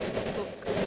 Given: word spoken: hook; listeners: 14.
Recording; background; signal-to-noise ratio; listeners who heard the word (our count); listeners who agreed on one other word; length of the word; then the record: one English word in noise, from a listening test; noise modulated by three-talker babble; -5.9 dB; 0 of 14; 14 of 14; 0.46 s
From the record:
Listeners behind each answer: 14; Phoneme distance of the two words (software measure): 10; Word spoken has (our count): 1 syllable, 3 phonemes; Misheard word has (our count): 1 syllable, 3 phonemes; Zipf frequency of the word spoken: 4.21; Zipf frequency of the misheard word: 5.21